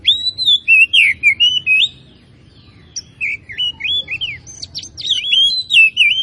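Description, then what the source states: Oriental magpie-robin song, a fast run of sweet whistles, slurred up-and-down notes and sharp chips, pausing briefly midway before resuming; steady low hum in background. Kacer from Tretes, singing in full active song (gacor).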